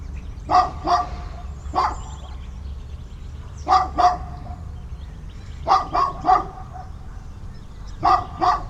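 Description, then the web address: Dog barking in short bursts of one to three barks, with brief pauses between bursts. Suburban morning, with dogs. "boom library Urban and Suburban. Suburban morning dogs birds"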